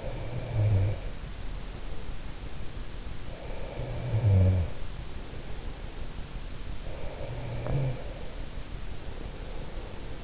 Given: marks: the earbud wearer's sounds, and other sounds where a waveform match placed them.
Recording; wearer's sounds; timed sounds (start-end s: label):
sounds in sleep by an in-ear microphone; breath, snoring breath
0.00-2.07 s: breath
3.62-6.30 s: snoring breath
7.11-10.24 s: breath